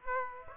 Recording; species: mosquito wingbeat signal from an infrared sensor; Aedes aegypti